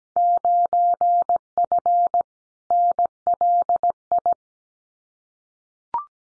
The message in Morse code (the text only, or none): 9F NLI